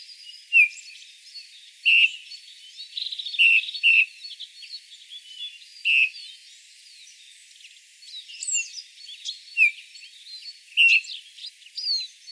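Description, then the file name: Eurasian bullfinch calls: brief downslurred whistled notes repeated at irregular intervals, set against thin, high twittering from other birds. "Pyrrhula pyrrhula"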